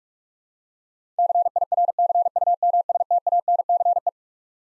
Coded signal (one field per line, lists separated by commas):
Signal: Morse code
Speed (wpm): 46 wpm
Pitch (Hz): 700 Hz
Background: none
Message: CIRCUMSTANCE